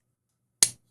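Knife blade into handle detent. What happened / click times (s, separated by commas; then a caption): A small metal part snapped into its detent / 0.6 s. A Yan Knives Chevron folding knife's blade is closed again close to the microphone and snaps into the handle detent with a single sharp, bright click at 0.6 s that decays within a fraction of a second amid otherwise near silence. The blade is confirmed firmly seated in the detent with no detent lash.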